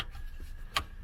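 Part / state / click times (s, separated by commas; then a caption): harness power connector into mating plug / seated / 0.8 s. A plastic harness power connector for an Apple CarPlay and Android Auto install in a 2009–2020 Nissan 370Z is pushed into its mating plug. One sharp click sounds at 0.8 s over a low background hum, and the connector is seated.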